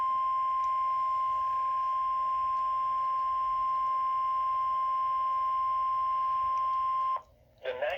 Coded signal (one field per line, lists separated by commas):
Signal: Emergency Alert System (SAME) tones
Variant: 1050 Hz attention tone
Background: speech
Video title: Severe Thunderstorm Warning (EAS #55)